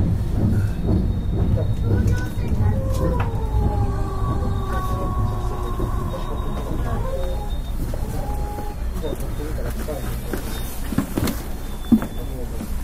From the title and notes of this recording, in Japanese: JR221系 大和路快速 大阪から久宝寺まで。JR西日本221系電車の走行音です。大阪環状線から大和路線への直通列車、大和路快速で収録しました。